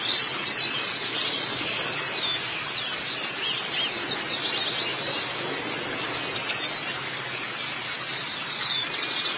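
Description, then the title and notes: White-eye song: dense, high, thin twittering with rapid overlapping chirps running continuously throughout. "Kicauan Burung Pleci Durasi Panjang. Suara kicauan burung pleci"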